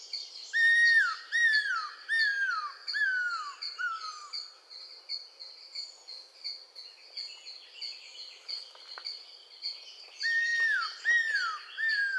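Cuckoo-roller repeating clear downslurred whistles in two series, with a continuous high-pitched chorus behind.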